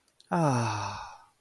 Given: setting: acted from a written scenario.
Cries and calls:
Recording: vocal sound without words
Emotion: contentment

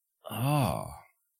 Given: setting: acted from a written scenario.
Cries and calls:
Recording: vocal sound without words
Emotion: awe

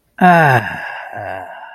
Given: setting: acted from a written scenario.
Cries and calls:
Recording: vocal sound without words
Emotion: relief

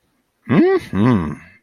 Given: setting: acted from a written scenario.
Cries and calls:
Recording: vocal sound without words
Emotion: desire

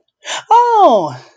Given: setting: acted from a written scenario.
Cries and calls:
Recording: vocal sound without words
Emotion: positive surprise

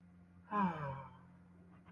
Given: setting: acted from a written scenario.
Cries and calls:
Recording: vocal sound without words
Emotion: romantic love

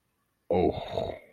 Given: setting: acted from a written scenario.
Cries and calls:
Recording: vocal sound without words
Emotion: embarrassment

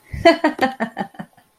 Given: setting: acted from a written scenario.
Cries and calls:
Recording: vocal sound without words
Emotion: amusement

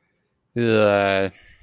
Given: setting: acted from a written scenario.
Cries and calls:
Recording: vocal sound without words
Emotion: contempt

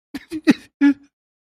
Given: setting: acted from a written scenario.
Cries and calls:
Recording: vocal sound without words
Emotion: sadness

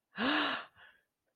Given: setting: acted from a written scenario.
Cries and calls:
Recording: vocal sound without words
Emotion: positive surprise

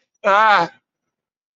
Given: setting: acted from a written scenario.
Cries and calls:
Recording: vocal sound without words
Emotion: fear

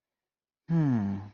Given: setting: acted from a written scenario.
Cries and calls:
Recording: vocal sound without words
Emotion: contentment

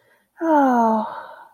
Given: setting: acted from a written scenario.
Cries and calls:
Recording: vocal sound without words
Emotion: romantic love

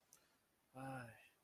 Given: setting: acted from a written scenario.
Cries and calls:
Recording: vocal sound without words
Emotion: disappointment

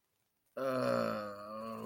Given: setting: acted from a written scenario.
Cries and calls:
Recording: vocal sound without words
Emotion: guilt

